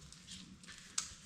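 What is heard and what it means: A shop-vac hose end is pushed into the dust port at the back of a Harbor Freight BAUER drywall sander. Soft scuffing and rustling lead up to one sharp pop at 1.0 s as the hose seats in the port.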